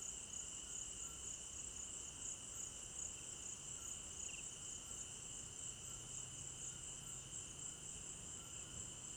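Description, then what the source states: Continuous cricket trilling, high and shimmering, with a lower steady tone and a faint low hum over the final seconds. Crickets at night in an African village garden; stereo binaural recording.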